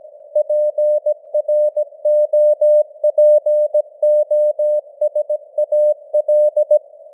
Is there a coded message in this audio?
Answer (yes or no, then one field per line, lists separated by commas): yes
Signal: Morse code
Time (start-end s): 0.4-6.8 s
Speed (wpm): 17 wpm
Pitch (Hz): 600 Hz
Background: none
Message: PROPOSAL